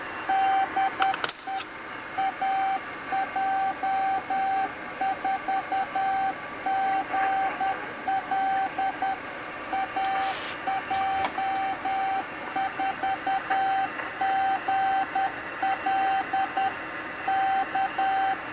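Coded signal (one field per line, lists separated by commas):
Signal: Morse code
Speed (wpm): 10 wpm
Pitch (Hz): 770 Hz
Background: radio noise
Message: D AJ4GL AJ4GL K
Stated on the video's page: CW sent by an Arduino auto keyer wired in parallel with a straight key, used for calling CQ.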